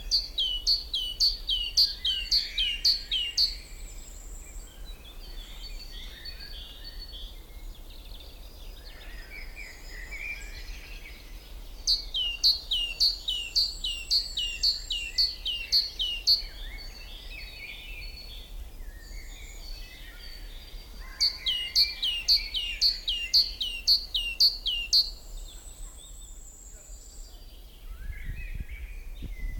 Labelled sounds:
Great Tit call

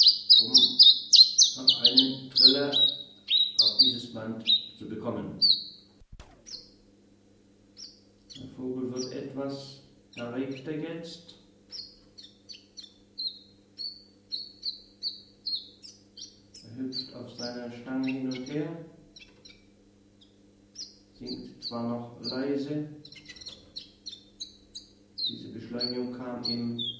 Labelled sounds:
Common Chiffchaff song

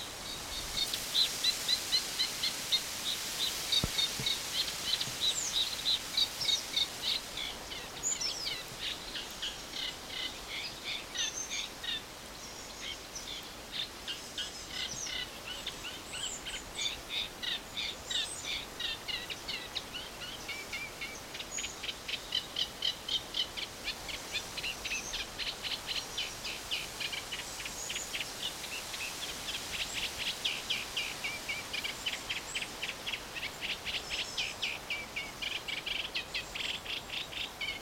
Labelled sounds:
Eurasian Reed Warbler

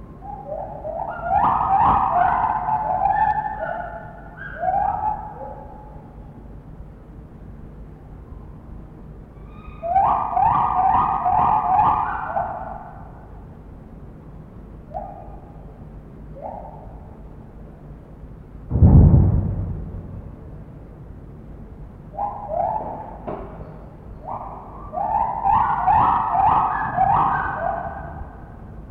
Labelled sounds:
Lar Gibbon

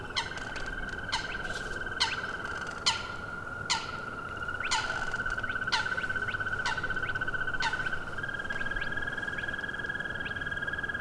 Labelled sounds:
Green Toad

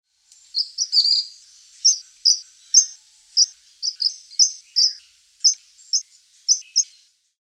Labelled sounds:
Orange-breasted Waxbill

